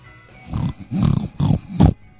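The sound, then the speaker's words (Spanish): A person imitates a pig with four low, throaty grunting snorts in an uneven rhythm, each a short rough burst, the last one loudest. “El chancho. ¿El chancho?”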